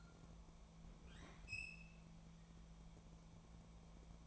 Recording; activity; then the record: daily activity, microphone in the room; open fridge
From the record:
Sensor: 1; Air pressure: 1000.1 hPa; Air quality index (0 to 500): 134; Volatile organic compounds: 2 ppm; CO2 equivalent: 1270 ppm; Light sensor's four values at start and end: 37/94/39/48 and 37/93/39/48